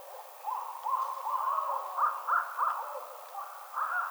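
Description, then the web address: Barred owl giving an excited run of quick, wavering hoots that rise and fall, several notes tumbling together in an uneven cackling series. Recorded 22 March 2007. "Barred Owl 2007 03 22"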